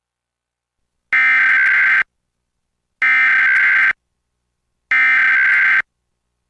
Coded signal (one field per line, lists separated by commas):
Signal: Emergency Alert System (SAME) tones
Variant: header bursts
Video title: EAS #873-877: 5 EAS National Periodic Tests (National EAS Test)- Oct. 4, 2023- 11:20AM PDT